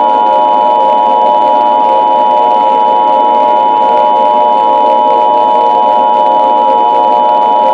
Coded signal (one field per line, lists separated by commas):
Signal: Emergency Alert System (SAME) tones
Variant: 853 and 960 Hz attention tone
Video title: EAS Scenario - Over the Mountains and Far Away